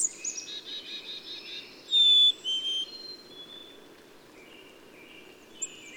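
Bird song: one loud high whistle, then a second lower whistle, over soft overlapping chirps.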